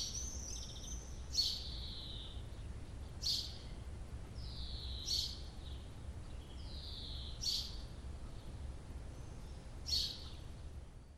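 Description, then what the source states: Bird song: a high, thin downslurred note with a sharp click, repeated steadily about every two seconds over a low, constant rumble. Recorded just before a storm.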